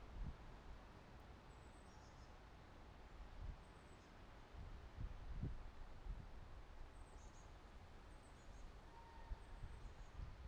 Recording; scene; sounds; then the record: everyday scene through a hearing-aid microphone; wind on the microphone; gentle breeze, voices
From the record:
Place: parking lot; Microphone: in the ear canal, right